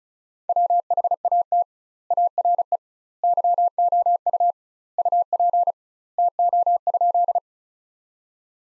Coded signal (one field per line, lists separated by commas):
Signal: Morse code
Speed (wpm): 36 wpm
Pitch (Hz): 700 Hz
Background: none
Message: WHAT ARE YOU UP TO?